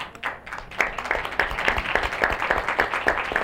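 audience applause

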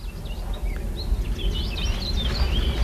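sedge warbler song

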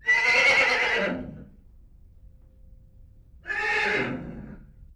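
horse neighing

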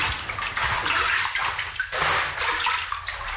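water splashing

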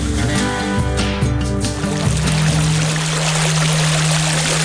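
river water flowing

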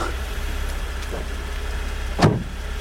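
car engine idling

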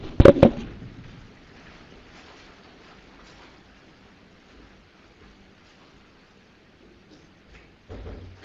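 door being closed

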